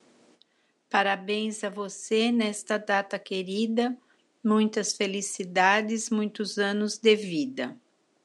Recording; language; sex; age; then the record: short text; Brazilian Portuguese; female; 70 to 79 years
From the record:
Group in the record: control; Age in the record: 70 years